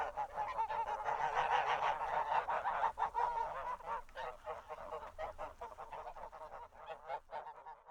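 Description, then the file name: Goose: many geese honking together, rapid overlapping honks building loudly early on and thinning somewhat toward the end. A flock of geese honking. "Geese Horde Honk"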